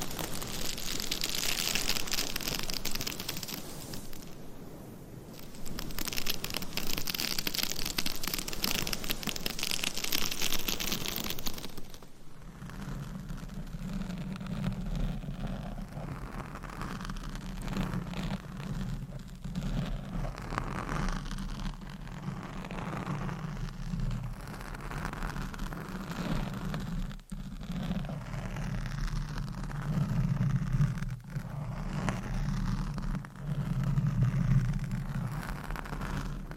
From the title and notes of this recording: ASMR Changing Triggers Every 30 Seconds Scratching , Tapping , Massage & More No Talking.